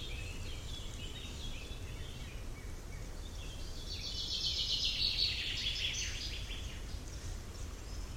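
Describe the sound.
Bird twittering in rapid high chirps, faint at first then a dense bright burst midway, over low background noise.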